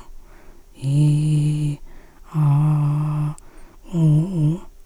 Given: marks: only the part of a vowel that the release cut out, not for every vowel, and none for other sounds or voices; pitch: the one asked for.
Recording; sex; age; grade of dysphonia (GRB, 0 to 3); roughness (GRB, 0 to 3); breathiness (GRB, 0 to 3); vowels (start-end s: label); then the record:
sustained vowels; female; 50 to 59 years; 2; 0; 2
0.87-1.71 s: vowel /i/, low pitch
2.38-3.27 s: vowel /a/, low pitch
3.96-4.53 s: vowel /u/, low pitch
From the record:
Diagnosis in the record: recurrent laryngeal nerve paralysis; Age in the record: 57 years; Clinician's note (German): Idiopatische Form li, kein Anhalt auf Aryluxation, strobosk. keine Restbeweglichkeit